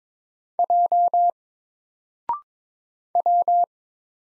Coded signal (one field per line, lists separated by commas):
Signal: Morse code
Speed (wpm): 22 wpm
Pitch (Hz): 700 Hz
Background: none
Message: J W